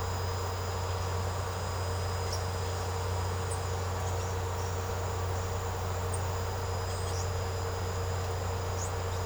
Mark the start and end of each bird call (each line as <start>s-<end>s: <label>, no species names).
3.99s-4.81s: bird call
6.86s-7.34s: bird call
8.72s-9.25s: bird call